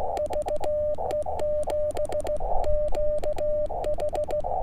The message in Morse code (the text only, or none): VE7QH